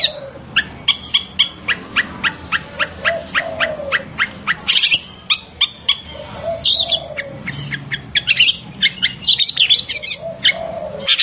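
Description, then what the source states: Long-tailed shrike song starting with a steady series of clipped, evenly spaced notes, then breaking into a jumbled mix of squeaky chirps, trills and whistles. Song in the combination style, locally called cendet kombinasi.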